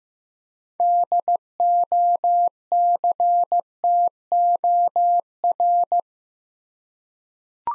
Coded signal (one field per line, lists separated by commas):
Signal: Morse code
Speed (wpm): 15 wpm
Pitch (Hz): 700 Hz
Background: none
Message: DOCTOR